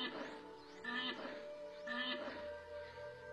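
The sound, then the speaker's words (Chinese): A West African black rhinoceros, a subspecies that went extinct in 2011, gives two short, harmonic calls about a second apart, each a rough bellowing burst, over a steady humming tonal background. “西非黑犀牛于2011年灭绝。”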